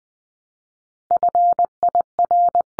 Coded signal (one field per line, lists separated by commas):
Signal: Morse code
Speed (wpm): 20 wpm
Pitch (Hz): 700 Hz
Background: none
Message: FIR